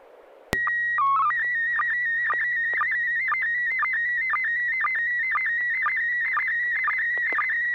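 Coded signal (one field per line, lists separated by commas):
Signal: SSTV (slow-scan television)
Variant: PD 120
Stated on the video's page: Weekly amateur SSTV net on a 441.300 MHz FM repeater, images exchanged using MMSSTV software.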